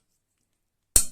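A plastic foot, one of four, is pressed onto the frame of a dish drainer (dish rack) and snaps into place with a single sharp click at 0.96 s, after near silence. The click rings briefly with a low tonal tail, and the foot is seated.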